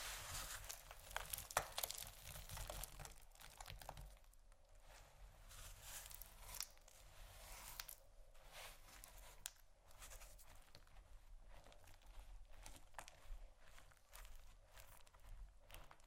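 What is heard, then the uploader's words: Soap and candle carving: dense, continuous scraping and crinkly shaving with frequent sharp flicks, some louder near the start, over a steady low hum. ASMR Soap & Candle Carving （No Talking）.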